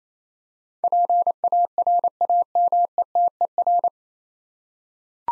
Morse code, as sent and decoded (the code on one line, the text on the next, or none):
.--. .- .-. .- -- . - . .-.
PARAMETER